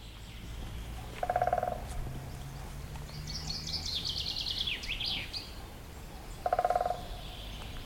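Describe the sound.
Woodpecker calls, two short rapid rattles of low, evenly spaced pulses about five seconds apart, while a songbird sings a high descending twittering phrase in between over steady rumble.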